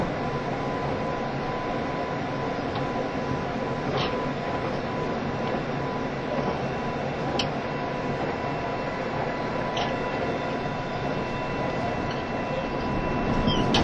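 A train runs steadily with a dense, low rumbling roar that holds an even level throughout. A faint steady whine sits above the rumble, and brief clicks or knocks from the wheels come at about 4, 7.5 and 10 seconds.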